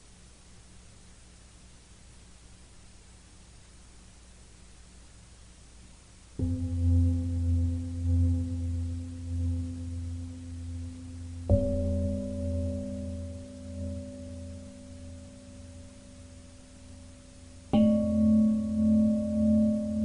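Tibetan bells ring out in three separate strikes, near six, eleven and eighteen seconds, after a quiet opening stretch. Each tone is low and sustained with a gentle wavering shimmer, holding as it slowly fades until the next strike lands.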